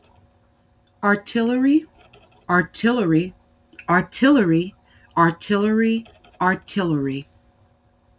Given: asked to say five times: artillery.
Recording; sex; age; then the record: repeated word; female; 30 to 39 years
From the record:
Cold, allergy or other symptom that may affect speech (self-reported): no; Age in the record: 38 years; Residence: United States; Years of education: 16